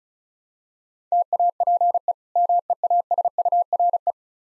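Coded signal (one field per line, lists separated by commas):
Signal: Morse code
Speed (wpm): 36 wpm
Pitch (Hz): 700 Hz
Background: none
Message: TAPE MEASURE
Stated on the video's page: Morse code practice at 35 wpm, difficult words with contextual hints, for copying practice.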